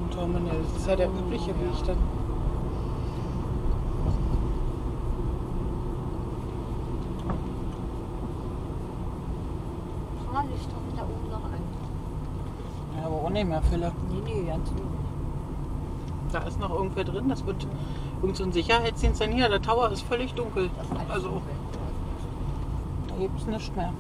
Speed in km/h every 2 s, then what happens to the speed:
34, 36, 37, 36, 33, 31, 28, 28, 28, 26, 27, 26.
0-5 steady at about 36. 5-11 slows to 28. 11-24 steady at about 27.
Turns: none.